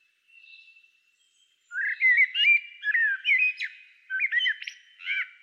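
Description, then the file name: Common blackbird song: a faint thin whistle first, then mellow fluted phrases with scratchy high flourishes, delivered in quick bursts. "Turdus merula"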